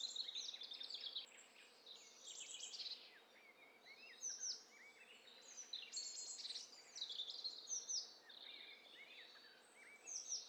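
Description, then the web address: Birds calling together: many high, overlapping chirps, slurred whistles and short trills that keep going throughout. Mixture of several birds in a stereo bird cocktail party challenge test set. "Hi Fi STEREO BIRD COCKTAIL PARTY Challenge SBCP TESTSET HDBird Cocktail Party-046"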